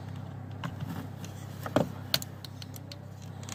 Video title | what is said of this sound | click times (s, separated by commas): 2004 Mitsubishi Endeavor window problem | right in snaps | 2.1 s